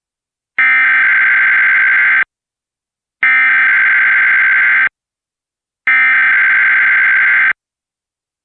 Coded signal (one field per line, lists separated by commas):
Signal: Emergency Alert System (SAME) tones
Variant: header bursts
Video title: EAS #83-84: March 2024 West Virginia Required Monthly Test on Comcast & WNPB-TV